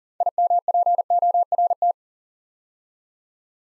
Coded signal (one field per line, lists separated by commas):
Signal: Morse code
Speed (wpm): 40 wpm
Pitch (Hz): 700 Hz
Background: none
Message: IMPORT